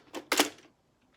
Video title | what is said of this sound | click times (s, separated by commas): What type of Printer, Toner, and Paper do I use for my Notary Loan Signing Business? | it's so super easy you guys the toner pops right into the drum unit just like that | 0.3 s